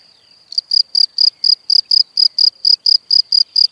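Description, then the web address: Cricket chirping: short bright pulsed chirps begin after half a second, then repeat steadily and rapidly on a high, even pitch over silence. "Kurs PTTK Przyroda Ptaki Świerszcze"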